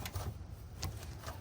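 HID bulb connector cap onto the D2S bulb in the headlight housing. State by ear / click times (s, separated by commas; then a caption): seated / 0.8 s. On a 2010-2013 Acura ZDX, the ballast/igniter connector cap is put onto the D2S HID low-beam bulb in the headlight housing and twisted about 45 degrees. A short, sharp click at 0.8 s shows the connector has twist-locked onto the bulb and is seated.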